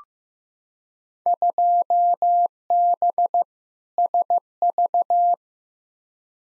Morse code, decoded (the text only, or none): 2B SV